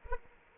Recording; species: mosquito wingbeat signal from an infrared sensor; Anopheles arabiensis